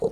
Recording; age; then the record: pig call; piglet (1 to 25 days)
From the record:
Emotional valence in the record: negative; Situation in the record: long isolation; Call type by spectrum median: low-frequency call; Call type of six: low-frequency tonal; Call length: 0.12 s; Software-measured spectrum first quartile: 370 Hz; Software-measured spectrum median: 450 Hz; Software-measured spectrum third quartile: 513 Hz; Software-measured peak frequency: 455 Hz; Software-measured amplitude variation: 202 dB a second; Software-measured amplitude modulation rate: 8.3 a second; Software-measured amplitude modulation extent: 24.5 dB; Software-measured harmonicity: 9.4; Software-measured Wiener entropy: -0.71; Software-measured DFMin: 869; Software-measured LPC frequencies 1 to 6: 462, 4007, 5576, 6725, 8385, 9188 Hz